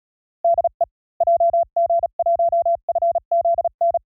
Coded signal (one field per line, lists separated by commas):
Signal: Morse code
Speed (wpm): 36 wpm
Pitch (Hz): 690 Hz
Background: none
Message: DE JG1FZN